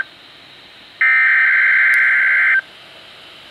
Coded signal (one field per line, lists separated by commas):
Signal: Emergency Alert System (SAME) tones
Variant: header bursts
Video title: FAIL!! Required Weekly Test & STATION GOES OFF THE AIR!! (EAS# 30!)